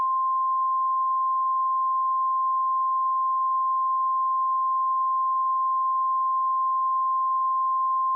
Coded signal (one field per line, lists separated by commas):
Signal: Emergency Alert System (SAME) tones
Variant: 1050 Hz attention tone